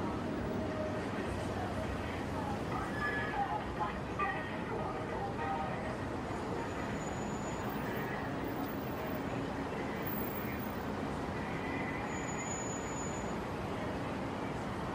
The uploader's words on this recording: Soundscape of Brooklyn Bridge in New York City. It was already after 10pm on Saturday night, but the traffic was still heavy on the bridge. In this recording, you can feel the summer night of Brooklyn, NY.